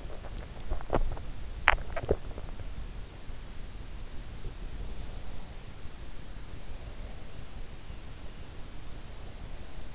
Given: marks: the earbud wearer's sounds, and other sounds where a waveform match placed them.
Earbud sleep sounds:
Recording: sounds in sleep by an in-ear microphone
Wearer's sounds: teeth grinding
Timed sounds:
0.00-2.44 s: teeth grinding

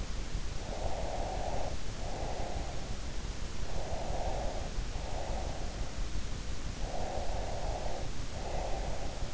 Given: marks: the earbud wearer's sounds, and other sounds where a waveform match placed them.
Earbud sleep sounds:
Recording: sounds in sleep by an in-ear microphone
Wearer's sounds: breath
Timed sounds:
0.62-3.05 s: breath
3.69-5.99 s: breath
6.92-9.34 s: breath

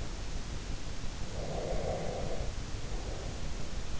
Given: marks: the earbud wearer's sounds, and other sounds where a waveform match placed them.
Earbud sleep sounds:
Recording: sounds in sleep by an in-ear microphone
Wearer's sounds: breath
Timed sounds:
1.16-3.51 s: breath

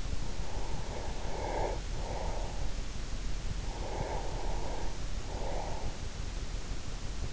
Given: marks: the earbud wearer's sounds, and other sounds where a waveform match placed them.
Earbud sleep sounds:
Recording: sounds in sleep by an in-ear microphone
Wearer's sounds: breath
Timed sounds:
0.04-2.77 s: breath
3.23-5.89 s: breath

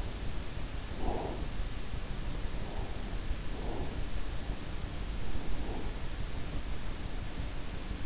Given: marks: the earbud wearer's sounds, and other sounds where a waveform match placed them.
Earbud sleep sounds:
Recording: sounds in sleep by an in-ear microphone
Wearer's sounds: breath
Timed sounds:
0.92-1.83 s: breath
3.48-4.48 s: breath
5.44-6.03 s: breath

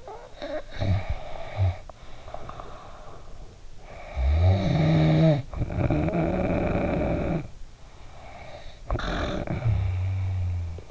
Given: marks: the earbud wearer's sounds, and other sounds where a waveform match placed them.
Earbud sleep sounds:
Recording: sounds in sleep by an in-ear microphone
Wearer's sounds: snoring breath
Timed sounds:
0.00-3.61 s: snoring breath
3.74-10.91 s: snoring breath

